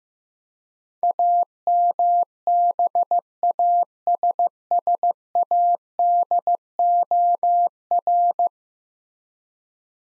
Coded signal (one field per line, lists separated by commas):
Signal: Morse code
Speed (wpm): 15 wpm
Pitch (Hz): 700 Hz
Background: none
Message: AMBASSADOR